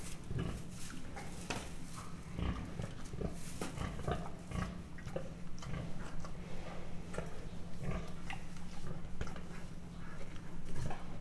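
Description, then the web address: Mangalica pig giving low, gruff grunts in an irregular series over a constant background hum and steady rustling. Standard Mangalica pig, captive in a zoo at Miskolc, recorded in 2009, grunting and snorting. "miskolcizoo 2009 standardt mangalica rofoges horkantas"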